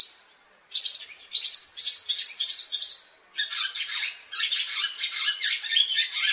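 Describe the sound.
Barn Swallow pouring out dense, buzzy twittering after a short silence, then a harsher, rattling chatter that runs on without a break.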